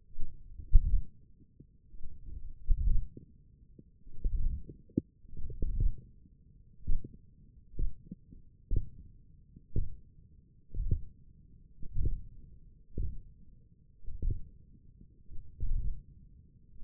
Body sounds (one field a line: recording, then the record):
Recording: forearm muscle sounds (acoustic myography)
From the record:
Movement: hand closing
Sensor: system 1, eight BSWA MPA416 microphones around the upper forearm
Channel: 3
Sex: male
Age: 20 years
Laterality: left